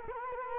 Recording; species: mosquito wingbeat signal from an infrared sensor; Culex quinquefasciatus